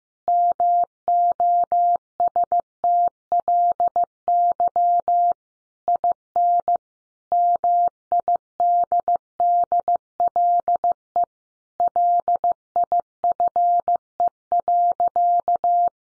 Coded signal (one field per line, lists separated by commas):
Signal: Morse code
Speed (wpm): 15 wpm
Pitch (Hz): 700 Hz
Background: none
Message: MOSTLY IN MIDDLE LIFE.